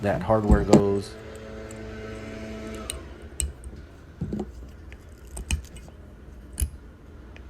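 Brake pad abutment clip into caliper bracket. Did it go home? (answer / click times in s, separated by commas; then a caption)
yes / 3.4 s, 5.5 s. Metal brake pad abutment (anti-rattle) clips are pressed into the cleaned mounting surfaces of a front caliper bracket. Someone talks at the start, and then the clips snap into place with sharp clicks at 3.4 s and 5.5 s, among other light metallic taps. The clips are seated.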